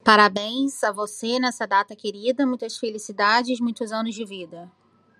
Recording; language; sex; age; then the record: short text; Brazilian Portuguese; female; 40 to 49 years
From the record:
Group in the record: control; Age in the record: 42 years